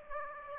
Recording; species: mosquito wingbeat signal from an infrared sensor; Aedes aegypti